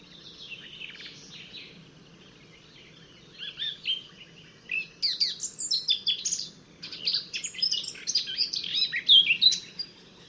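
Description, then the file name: Eurasian blackcap starting with soft, subdued twittering that swells after about five seconds into louder, fuller whistled warbling. "Sylvia atricapilla"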